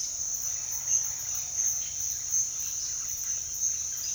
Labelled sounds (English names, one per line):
none